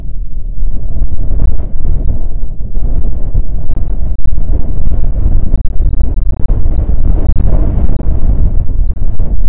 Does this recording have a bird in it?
no